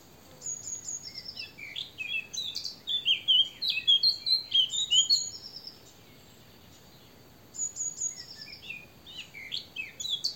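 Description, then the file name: Eurasian blackcap song in two bursts of lively, jumbled warbling separated by a pause, each opening with high thin whistled notes. "Sylvia atricapilla"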